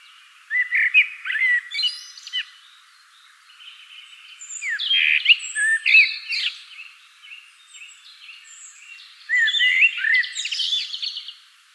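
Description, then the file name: Common blackbird song phrases: mellow whistled notes leading into high scratchy twitters, in three bursts throughout with quieter gaps between. "Turdus merula"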